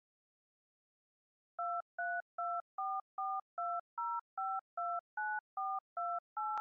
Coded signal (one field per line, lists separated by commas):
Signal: DTMF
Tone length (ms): 250 ms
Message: 2324420529428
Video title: Kingdom of Kush EAS Alarm [Official]